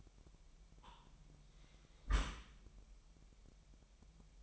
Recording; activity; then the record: daily activity, microphone in the room; close dishwasher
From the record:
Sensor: 1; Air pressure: 998.3 hPa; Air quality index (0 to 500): 139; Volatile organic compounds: 4 ppm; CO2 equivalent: 1665 ppm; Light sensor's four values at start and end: 16/54/22/22 and 16/54/22/22